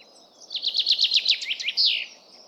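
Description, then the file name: Common chaffinch song, a quick series of bright, evenly spaced notes falling slightly in pitch and ending in a sharp terminal flourish. "Fringilla coelebs"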